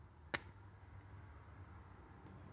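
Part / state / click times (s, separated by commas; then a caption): small knife into its watch-strap sheath / seated / 0.3 s. A small EDC knife is pushed back into its plastic sheath, a watch-strap sheath that goes on a G-Shock watch, and locks in with one sharp, loud click at 0.3 s. The push is repeated on purpose so the click can be heard clearly. After the click there is only a faint low background hum, and the knife is seated and locked in with positive audible feedback.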